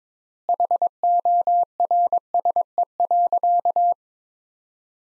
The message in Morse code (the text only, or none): HORSE.